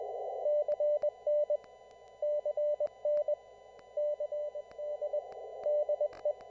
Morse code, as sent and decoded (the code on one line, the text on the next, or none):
-.-. -. / -.-. -. / -.-. -.. / -.. .
CN CN CD DE